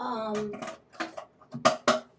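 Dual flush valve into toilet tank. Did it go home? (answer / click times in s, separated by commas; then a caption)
yes / 1.7 s, 1.9 s. A plastic dual flush valve on a Kohler toilet, refitted with a new rubber gasket, is put back into the toilet tank and pushed down until it locks while someone talks. A few softer knocks at 1.0 and 1.2 seconds lead into two loud, sharp clicks at 1.7 and 1.9 seconds as the valve seats in place.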